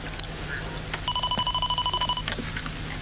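An electronic telephone rings once, a rapid, high-pitched warbling trill lasting about a second, heard over a low steady background hum with no one talking.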